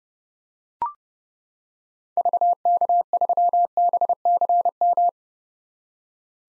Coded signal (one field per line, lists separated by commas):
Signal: Morse code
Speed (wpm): 30 wpm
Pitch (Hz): 700 Hz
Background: none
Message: VK3BCM